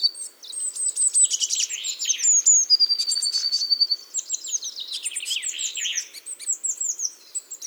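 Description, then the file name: Eurasian blue tit song with clusters of high, thin descending notes and a steady rapid trill held for about a second, phrases overlapping in a busy stretch. "Cyanistes caeruleus"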